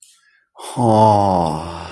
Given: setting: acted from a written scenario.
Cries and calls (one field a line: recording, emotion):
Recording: vocal sound without words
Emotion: ecstasy